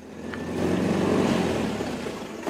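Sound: truck engine arriving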